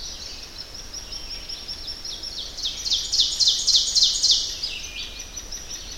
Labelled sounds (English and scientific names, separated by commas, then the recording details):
Ovenbird (Seiurus aurocapilla) song
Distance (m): 20 m
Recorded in boreal forest in Alberta, Canada, on 10 June 2016 at 05:52
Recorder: SongMeter 3, array SBT-3-39
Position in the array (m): 208 m, 164 m
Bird 17